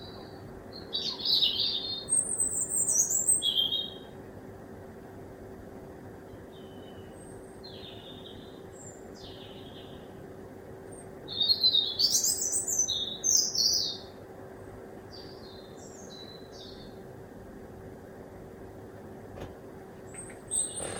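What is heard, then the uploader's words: Birdsong at 1 am: bright chirping phrases around 1–4 and 11–14 seconds over a steady low hum with a faint constant tone. Birdsong Recorded From My Kitchen Window At 1 Am.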